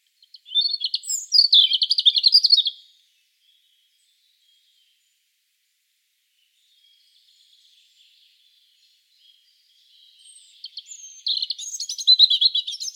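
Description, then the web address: European robin song with a dense twittering, warbling phrase at the start and another after a long pause with only faint notes. "SETE Erithacus rubecula"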